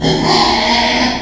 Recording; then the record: squeal of a Yucatan mini pig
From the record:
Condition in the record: after surgery on the right vocal fold (resection and tissue-engineered implant); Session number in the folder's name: 2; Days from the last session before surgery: 13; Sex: male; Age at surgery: 12 weeks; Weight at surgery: 13 kg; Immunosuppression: cyclosporine, prednisolone